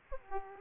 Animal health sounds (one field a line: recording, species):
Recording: mosquito wingbeat signal from an infrared sensor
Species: Aedes aegypti